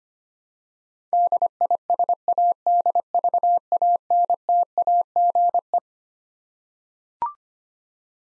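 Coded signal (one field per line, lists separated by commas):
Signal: Morse code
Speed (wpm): 25 wpm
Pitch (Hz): 700 Hz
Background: none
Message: DISADVANTAGE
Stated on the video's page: Morse head-copy drill of twelve-letter words at 25 wpm; each word sent, spoken, then sent again.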